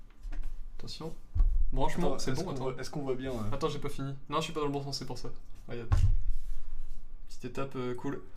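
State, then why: Not seated. Builders handle a Lego sub-assembly of plastic bricks, getting ready to press it into place on The Globe model while someone talks throughout. A few faint taps are heard near the start, but nothing has seated or clicked yet.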